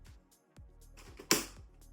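A second plastic side cover is lined up on its hooks on a PS5 game console body and slid left until it locks, with soft background music throughout. A sharp, bright click at 1.3 s marks the cover seating into place.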